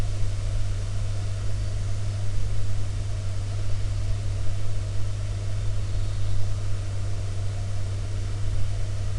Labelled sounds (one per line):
machinery
flare stack